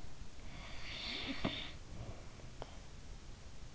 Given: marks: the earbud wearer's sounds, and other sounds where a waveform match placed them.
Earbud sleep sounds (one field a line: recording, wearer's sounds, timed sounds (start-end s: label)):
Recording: sounds in sleep by an in-ear microphone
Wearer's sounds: breath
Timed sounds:
0.15-3.30 s: breath